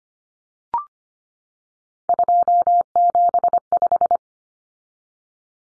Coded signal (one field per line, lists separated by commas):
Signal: Morse code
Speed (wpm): 25 wpm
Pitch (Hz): 700 Hz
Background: none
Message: 275